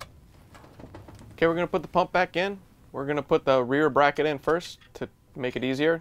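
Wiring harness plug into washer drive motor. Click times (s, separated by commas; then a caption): 0.0 s. A wiring harness plug is pushed back into the drive motor of a Whirlpool/KitchenAid/Maytag washer during a 285785 clutch assembly job, and it latches with a sharp click at 0.0 s. A few faint handling taps follow around 1.0–1.2 s, then someone talks. The harness connector is seated and locked into the motor.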